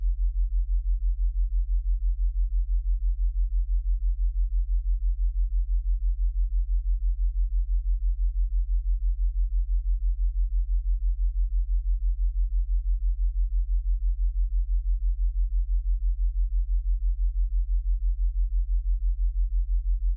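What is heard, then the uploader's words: A deep, low hum built from 40Hz and 46Hz tones beats together into a steady 6Hz throb, about six soft pulses each second. It stays perfectly even for the whole stretch, with nothing bright above it and no other sounds. 6Hz Theta Waves with 40Hz & 46Hz. Binaural ASMR Frequency.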